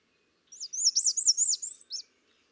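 American redstart song, one high, sweet phrase of several looping slurred notes in quick succession, finishing with a short downslur.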